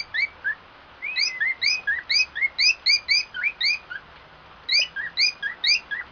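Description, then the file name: Cockatiel giving rapid, rising chirped whistles with bright overtones, in steady runs split by brief pauses. White-faced variety; song. "canto da calopsita cara branca"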